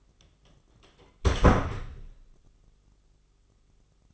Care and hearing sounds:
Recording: daily activity, microphone in the room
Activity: close door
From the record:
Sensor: 4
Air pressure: 996.9 hPa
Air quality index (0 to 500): 44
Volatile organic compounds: 1 ppm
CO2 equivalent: 704 ppm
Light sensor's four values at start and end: 17/40/16/17 and 19/45/18/19

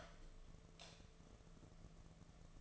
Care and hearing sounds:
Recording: daily activity, microphone in the room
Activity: light off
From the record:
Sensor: 4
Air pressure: 1015.6 hPa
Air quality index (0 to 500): 184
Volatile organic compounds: 8 ppm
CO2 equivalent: 2123 ppm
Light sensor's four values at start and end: 22/55/23/25 and 22/51/22/23

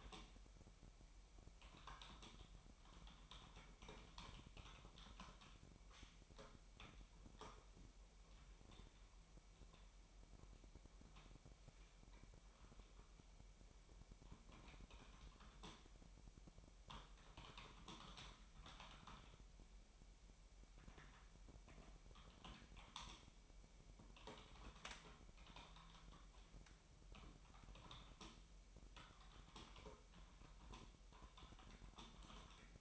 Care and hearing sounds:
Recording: daily activity, microphone in the room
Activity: typing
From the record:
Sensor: 1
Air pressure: 1002.0 hPa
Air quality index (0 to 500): 244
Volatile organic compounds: 49 ppm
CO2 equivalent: 3285 ppm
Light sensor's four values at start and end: 8/30/11/12 and 8/29/11/12

